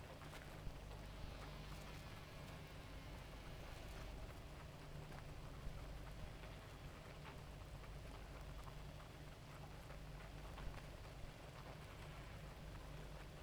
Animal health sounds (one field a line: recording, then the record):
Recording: honeybee colony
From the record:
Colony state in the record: active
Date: 28 July 2017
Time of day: 2:50